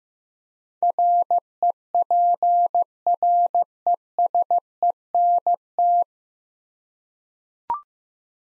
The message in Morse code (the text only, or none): REPRESENT